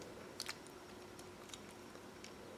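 Upper-body parts of an Action Toys Machine Robo Series Eagle Robo, a plastic/die-cast transforming toy robot, are folded in between the fist and midsection and pressed into the T-shaped waist cutout. A sharp click at 0.4 s is followed closely by a second snap, then fainter ticks and handling noises over a quiet background. The parts seat and click into place, completing the upper body.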